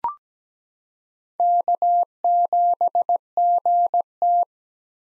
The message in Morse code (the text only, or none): K7GT